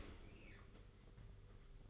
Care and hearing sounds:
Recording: daily activity, microphone in the room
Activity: open dishwasher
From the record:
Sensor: 4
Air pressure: 991.3 hPa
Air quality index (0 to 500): 157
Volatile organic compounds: 125 ppm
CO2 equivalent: 3900 ppm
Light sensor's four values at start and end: 22/73/27/28 and 22/73/27/28

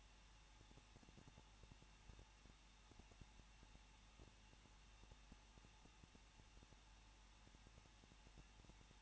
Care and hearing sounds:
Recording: daily activity, microphone in the room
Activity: no activity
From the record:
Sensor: 1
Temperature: 20.1 degrees Celsius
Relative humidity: 39.1%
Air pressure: 1006.3 hPa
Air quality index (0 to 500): 217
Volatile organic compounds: 76 ppm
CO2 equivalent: 3573 ppm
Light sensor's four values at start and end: 1/2/1/1 and 1/2/1/1

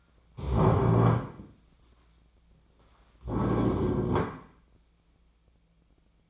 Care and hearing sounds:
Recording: daily activity, microphone in the room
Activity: stand up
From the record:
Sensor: 1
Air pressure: 1009.2 hPa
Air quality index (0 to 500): 177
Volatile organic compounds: 3 ppm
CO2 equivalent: 1494 ppm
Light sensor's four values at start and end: 44/117/48/58 and 41/108/45/53

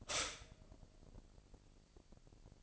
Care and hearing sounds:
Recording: daily activity, microphone in the room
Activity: stop toaster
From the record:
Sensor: 5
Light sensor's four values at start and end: 25/58/24/24 and 25/58/24/24

